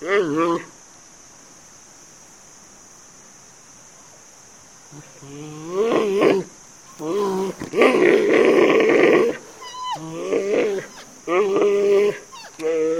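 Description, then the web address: Panda giving harmonic, bleat-like calls in irregular bursts of wavering pitch, separated by short pauses, with a steady high-pitched hiss throughout. Panda said to be roaring in its natural habitat. "sonido de un panda rugiendo en su habitat natural"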